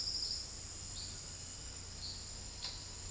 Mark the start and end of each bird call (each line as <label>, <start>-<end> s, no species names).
bird call, 0.96-3.10 s